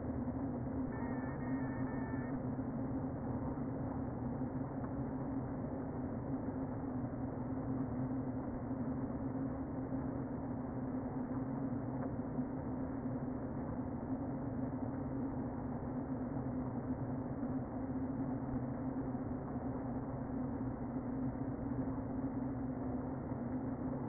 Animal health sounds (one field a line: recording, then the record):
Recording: honeybee colony, microphone inside the hive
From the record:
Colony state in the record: queen present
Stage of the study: before two queens were removed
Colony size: about 60,000 bees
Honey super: yes